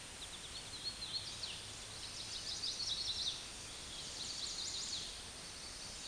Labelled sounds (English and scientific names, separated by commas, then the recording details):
Chestnut-sided Warbler (Setophaga pensylvanica) song
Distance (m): 20 m
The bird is about 10 m above the microphone
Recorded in a Pennsylvania forest on 16 May 2024 at 08:54
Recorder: AudioMoth, point MSD-2453
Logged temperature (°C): 16.3 °C
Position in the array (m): 200 m, 174 m